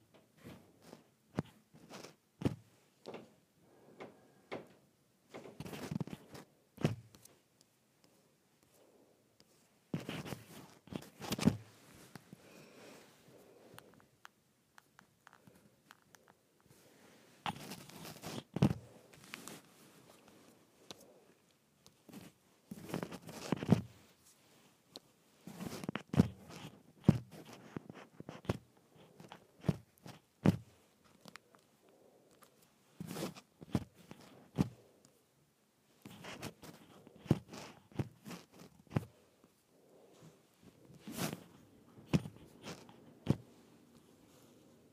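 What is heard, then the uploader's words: A microphone is dropped a short way again and again, each fall landing as a sharp knock or clatter across the whole range. The impacts come in irregular clusters every few seconds, with brief rattles and scrapes between them and near silence in the gaps. ASMR Dropping the Microphone 2 Inches.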